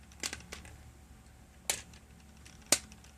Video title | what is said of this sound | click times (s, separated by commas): Transformers Age of the Primes Commander class Combaticon Onslaught review! | There we go. When you hear a snap like this connected in that's connecting. | 1.7 s, 2.7 s